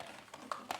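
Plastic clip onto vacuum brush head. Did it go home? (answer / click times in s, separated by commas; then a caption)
yes / 0.5 s. A plastic clip is lined up by its prongs on the brush head of a Dyson Ball Animal vacuum and pushed in. A faint tap comes at 0.3 s, a sharp little click at 0.5 s, and another tap at 0.7 s. The clip seats with the click at 0.5 s.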